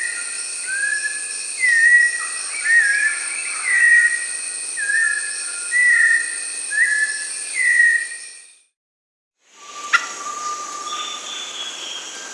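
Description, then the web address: White-necked thrush delivering brief slurred whistles against a continuous high drone, followed by a short silence and a different faint background. South America. "S America White-necked Thrush (Turdus albicoll"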